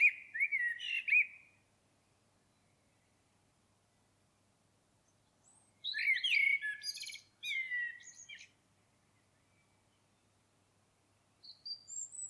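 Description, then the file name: Common blackbird song: a brief fluty phrase, a long pause, then a longer warble ending in scratchy high notes, with another faint phrase beginning at the close. "Turdus merula"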